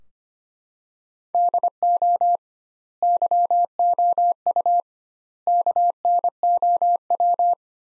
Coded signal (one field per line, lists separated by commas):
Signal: Morse code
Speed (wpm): 25 wpm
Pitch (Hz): 700 Hz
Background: none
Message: DO YOU KNOW